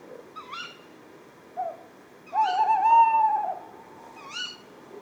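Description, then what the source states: Tawny owls calling: two short, sharp, rising shrieks frame a long, drawn-out, tremulous wavering hoot, with a brief softer note just before it. A pair calling at 4:30 am on 20 February 2020 at Etang de Beaumont, Drôme, by a pond; recorded on a Nagra Seven with a Telinga Pro7 stereo parabola while searching for toads.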